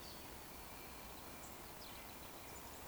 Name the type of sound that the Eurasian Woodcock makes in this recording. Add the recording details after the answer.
whistle. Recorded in Baden-Württemberg, Germany, on 11 June 2020 at 19:15 UTC. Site 14569, 102 m above sea level